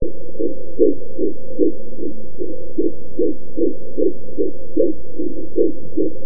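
Rapid, regular whooshing pulses, about 150 a minute, heard through a filtered fetal Doppler with a low hiss behind them. This is a fetal heartbeat at a normal fetal rate.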